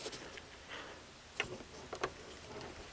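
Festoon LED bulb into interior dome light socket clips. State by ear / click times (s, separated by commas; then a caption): seated / 1.4 s, 2.0 s. A festoon-style LED bulb with a metal heat sink is pressed into the spring-metal contact clips of a 2015+ WRX interior dome light housing as part of a $10 interior LED upgrade. Two sharp clicks at 1.4 s and 2.0 s are each end snapping into its clip, with only faint rustling between. The bulb is seated.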